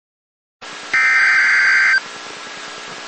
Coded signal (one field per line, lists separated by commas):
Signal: Emergency Alert System (SAME) tones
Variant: header bursts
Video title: Special Marine Warning for Honolulu Hawaii! (EAS #65)